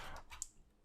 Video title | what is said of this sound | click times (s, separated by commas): Nemesis Reviews Transformers Legacy Evolution Nova Prime | click into place untab those and slide this down click that in place | 0.4 s